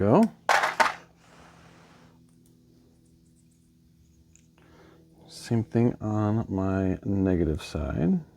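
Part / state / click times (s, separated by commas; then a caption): crimped contact into a Powerpole connector housing / not seated / none. A crimped contact on a negative wire is pushed toward a plastic Powerpole connector housing while someone talks, with only faint handling ticks in the quiet stretch between the speech. Nothing has seated or clicked yet.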